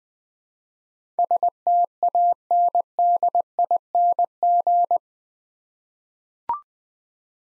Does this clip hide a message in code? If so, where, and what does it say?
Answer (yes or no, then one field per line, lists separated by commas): yes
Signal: Morse code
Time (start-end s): 1.2-5.0 s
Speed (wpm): 20 wpm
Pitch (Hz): 700 Hz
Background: none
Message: STANDING